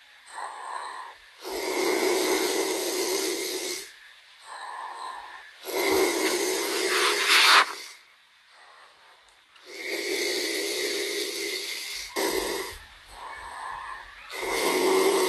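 Loud, rasping snores repeat in a steady rhythm, each rumbling inhale lasting about two seconds, separated by quieter breathy exhales and short pauses.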